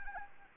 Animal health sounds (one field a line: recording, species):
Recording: mosquito wingbeat signal from an infrared sensor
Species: Anopheles arabiensis